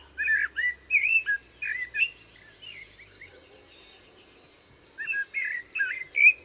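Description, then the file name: Common blackbird song, short fluty warbled phrases, a pause of about three seconds, then more whistled notes. "Turdus merula"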